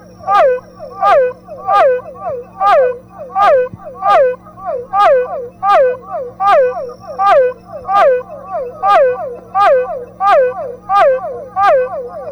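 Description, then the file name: Cuvier's foam froglet giving repeated twangy, swooping notes, each dipping then rising, roughly one every 0.7 seconds, against a faint constant background drone. "Physalaemus cuvieri"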